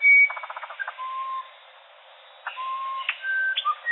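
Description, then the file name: Musician wren song: clear whistled notes, a quick burst of short repeated notes, a pause, then further pure whistles at varied pitches. "Uirapuru-verdadeiro - Cyphorhinus arada"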